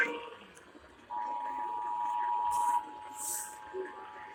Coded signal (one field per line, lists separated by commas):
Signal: Emergency Alert System (SAME) tones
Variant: 853 and 960 Hz attention tone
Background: speech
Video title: NO NEW UPDATES HERE... Broadcast Radio/TV EAS: Required Monthly Test (EAS #844-852)